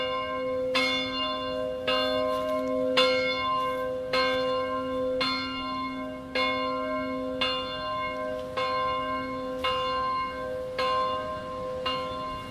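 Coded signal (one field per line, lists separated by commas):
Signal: bell signal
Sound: a single large church bell ringing steadily, about eleven even strokes, long ringing hum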